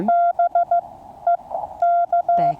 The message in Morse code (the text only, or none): BEK